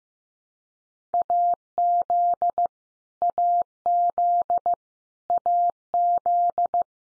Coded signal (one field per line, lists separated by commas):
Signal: Morse code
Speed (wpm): 15 wpm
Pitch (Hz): 700 Hz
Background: none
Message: AZ AZ AZ